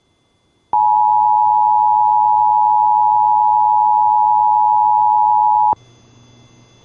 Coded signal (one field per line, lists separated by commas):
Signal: Emergency Alert System (SAME) tones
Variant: 853 and 960 Hz attention tone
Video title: 2 Weeklies, 2 Monthies, and 1 ADR (EAS #817-#821)